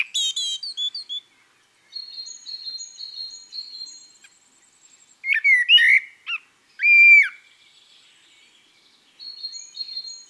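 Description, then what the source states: Common blackbird giving fluty phrases and a squeaky twitter, alternating with a thin, high, evenly repeated note series. From an album of garden birds.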